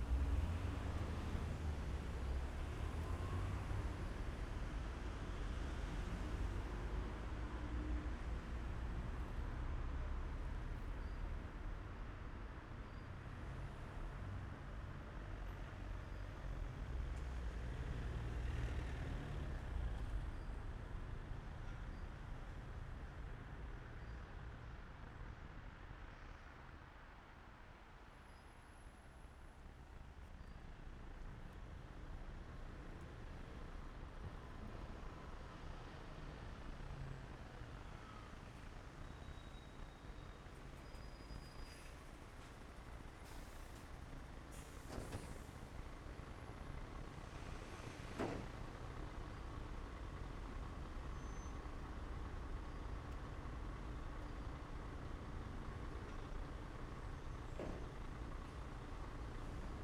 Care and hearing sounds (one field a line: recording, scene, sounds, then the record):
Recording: everyday scene through a hearing-aid microphone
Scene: in traffic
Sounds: traffic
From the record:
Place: main city hub, rush hour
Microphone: behind the ear, left, front